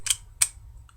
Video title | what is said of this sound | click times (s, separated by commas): HFC Mauser C1896 airsoft gun | But one problem I found is that sometimes the hammer, like I'm pulling it right now, will not lock all the way. You hear that secondary click? | 0.1 s, 0.4 s